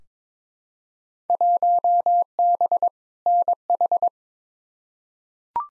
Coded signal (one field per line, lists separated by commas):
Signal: Morse code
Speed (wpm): 22 wpm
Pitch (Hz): 700 Hz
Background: none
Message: 1B NH